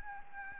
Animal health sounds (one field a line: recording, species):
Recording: mosquito wingbeat signal from an infrared sensor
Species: Anopheles gambiae